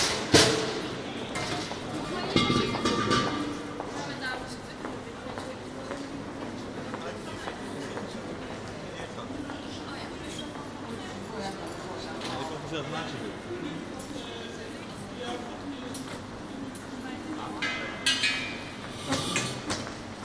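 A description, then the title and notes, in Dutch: Ambience inside a covered shopping passage: a steady wash of overlapping voices from people talking, with footsteps and light clicks. Sharp clacks stand out near the start and again around 18 to 19 seconds. General atmosphere in The Hagues beautiful Passage. Recorded as part of "The Hague Sound City" for State-X/Newforms 2010. Algemene atmosfeer in de mooie Haagse Passage.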